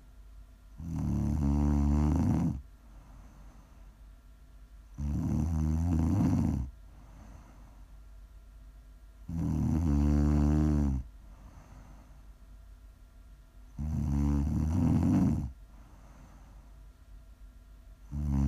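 A sleeping adult snores: loud, low, fluttering snores recur about every four and a half seconds, with quieter breathing-out sounds between them.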